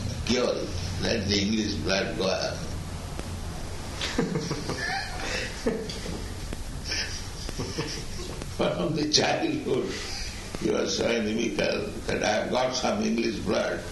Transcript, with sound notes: cure it? Let the English blood go away." [laughs] So from the childhood he was so inimical, that "I have got some English blood